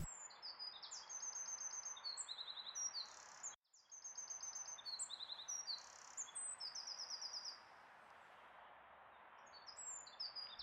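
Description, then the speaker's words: Eurasian wren song: rapid, very high trilled phrases in quick bursts, broken by a short gap, over a background hiss. Heard now and then in the background. "Fuglen, som du indimellem har kunne høre i baggrunden, er selvfølgelig en gærdesmutte, som i Grys bog."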